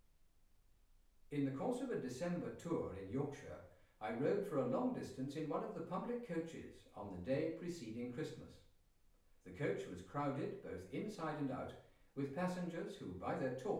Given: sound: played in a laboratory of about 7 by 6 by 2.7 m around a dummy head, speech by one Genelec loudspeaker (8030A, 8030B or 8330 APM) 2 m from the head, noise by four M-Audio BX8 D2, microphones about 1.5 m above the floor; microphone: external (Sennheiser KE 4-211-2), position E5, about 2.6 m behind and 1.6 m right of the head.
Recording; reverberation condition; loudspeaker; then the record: male speech in English; medium; in front (0 degrees)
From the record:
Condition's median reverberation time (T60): about 510 ms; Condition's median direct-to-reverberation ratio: about -0.5 dB